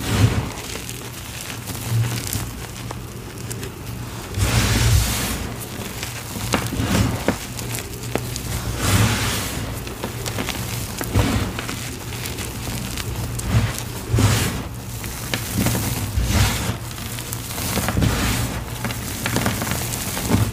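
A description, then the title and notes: A block of gym chalk is carved and crushed, with dense, gritty scraping and crumbling that keeps going throughout. Louder crunchy bursts come every second or two, near 2, 4.5, 9, 14 and 16.5 seconds, over a steady low hum. Relaxing Carving + Crushing Gym Chalk w/ Gholibn ASMR Glitter Bomb. Relaxing carving gym chalk bomb filled with baby oil and Gholibn ASMR glitter.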